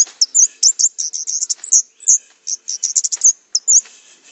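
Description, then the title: Orange-headed thrush pouring out a fast stream of very high, twittering notes and squeaky slurs, nearly continuous throughout. "Anis Merah"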